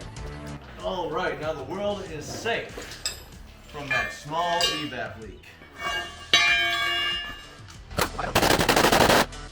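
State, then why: Stripped. A power tool drives the screw or bolt that secures the fuel filler neck to the body of a Jeep Wrangler JK. Someone talks, music plays, and then, from about 8.0 s, a loud rapid rattling runs on, but the fastener keeps spinning without tightening. It is stripped, and nothing has seated.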